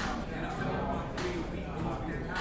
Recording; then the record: background sound without coughing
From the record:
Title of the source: 60 minutes of coffee shop sounds for study and concentration